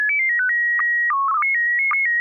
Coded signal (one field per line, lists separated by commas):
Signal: SSTV (slow-scan television)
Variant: PD 120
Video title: N6NA SSTV Net - 12/17/2025